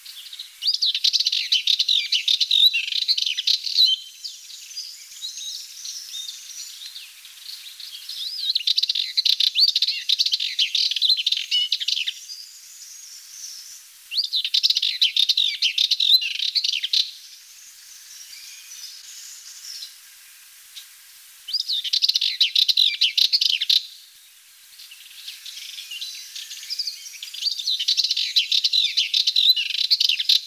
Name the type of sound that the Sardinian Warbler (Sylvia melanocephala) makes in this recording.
song